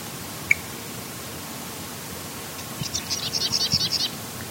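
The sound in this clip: Sedge wren song: one sharp high chip, then a pause and a quick staccato run of many dry notes that grow slightly louder, against soft hiss.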